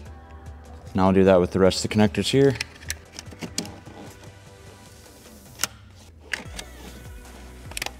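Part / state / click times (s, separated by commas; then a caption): wiring harness connector onto ignition coil / seated / 2.9 s, 3.6 s, 5.6 s, 6.3 s, 7.8 s. Plastic wiring harness connectors are pushed onto the ignition coils, one after another, during a spark plug replacement on a BMW F10 M5 with the S63 engine, while someone talks over background music. Sharp, short clicks come at about 2.9, 3.6, 5.6, 6.3, 7.8 and 7.8 seconds, though it is unclear which click belongs to which connector. The connectors snap into place and are seated.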